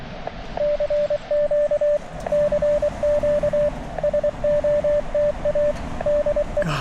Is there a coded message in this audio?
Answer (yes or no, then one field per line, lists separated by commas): yes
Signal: Morse code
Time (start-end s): 0.6-6.6 s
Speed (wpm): 23 wpm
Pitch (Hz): 590 Hz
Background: radio noise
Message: CQ CQ SOTA DE